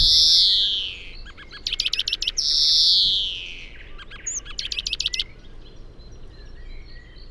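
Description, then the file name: European greenfinch: a nasal, descending wheeze, then rapid rattling trills, a second long wheeze, and another burst of fast twittering notes over faint background hiss. "Chloris chloris"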